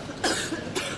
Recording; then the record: coughing mixed with background sound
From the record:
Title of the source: 64 coughing, allergies, singing lungs